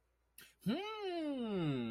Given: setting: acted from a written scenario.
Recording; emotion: vocal sound without words; interest